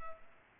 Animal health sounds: mosquito wingbeat signal from an infrared sensor; Culex pipiens

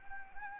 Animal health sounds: mosquito wingbeat signal from an infrared sensor; Anopheles arabiensis

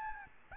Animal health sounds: mosquito wingbeat signal from an infrared sensor; Aedes albopictus

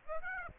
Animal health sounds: mosquito wingbeat signal from an infrared sensor; Aedes aegypti

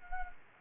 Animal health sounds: mosquito wingbeat signal from an infrared sensor; Culex quinquefasciatus

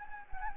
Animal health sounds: mosquito wingbeat signal from an infrared sensor; Anopheles gambiae

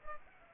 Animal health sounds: mosquito wingbeat signal from an infrared sensor; Culex pipiens

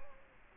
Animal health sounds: mosquito wingbeat signal from an infrared sensor; Culex quinquefasciatus

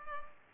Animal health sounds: mosquito wingbeat signal from an infrared sensor; Culex pipiens

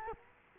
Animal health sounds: mosquito wingbeat signal from an infrared sensor; Culex quinquefasciatus

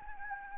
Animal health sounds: mosquito wingbeat signal from an infrared sensor; Anopheles gambiae

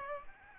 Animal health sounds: mosquito wingbeat signal from an infrared sensor; Aedes aegypti

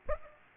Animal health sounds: mosquito wingbeat signal from an infrared sensor; Aedes aegypti

